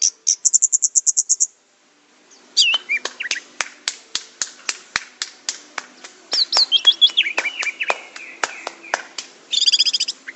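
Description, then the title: Orange-headed thrush song: a fast high trill, then a long series of sharp clicking notes interspersed with slurred whistles, ending in another rapid trill. "Anis Merah"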